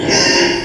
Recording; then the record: squeal of a Yucatan mini pig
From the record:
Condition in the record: before surgery on the right vocal fold (resection and tissue-engineered implant); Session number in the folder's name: 1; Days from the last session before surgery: -3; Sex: male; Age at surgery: 12 weeks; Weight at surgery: 13 kg